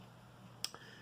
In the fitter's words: door, obviously snaps into place.